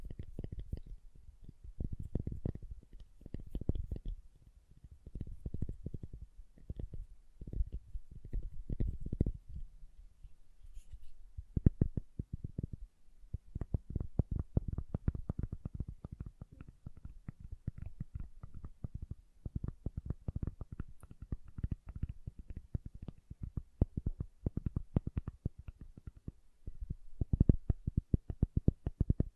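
Tapping and carving on a bar of soap, a continuous run of quick, dull knocks and scrapes concentrated in the low range. The first ten seconds are denser and heavier; after a brief lull near eleven seconds the taps return lighter and crisper, with occasional louder hits.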